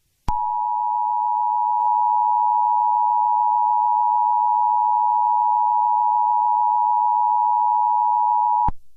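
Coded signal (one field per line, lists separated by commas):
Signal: Emergency Alert System (SAME) tones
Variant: 853 and 960 Hz attention tone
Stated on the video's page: Fictional EAS scenario, simulated alert.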